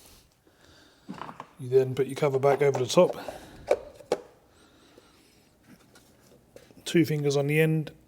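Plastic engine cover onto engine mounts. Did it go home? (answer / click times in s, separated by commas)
no / none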